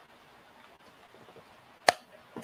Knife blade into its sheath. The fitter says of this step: pop on that one. See, that's what that's what I'm saying.